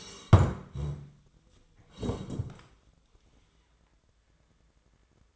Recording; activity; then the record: daily activity, microphone in the room; sit down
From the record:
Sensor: 3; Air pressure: 1012.3 hPa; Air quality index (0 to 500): 168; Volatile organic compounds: 2 ppm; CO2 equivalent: 1298 ppm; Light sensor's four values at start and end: 79/178/87/94 and 80/181/87/94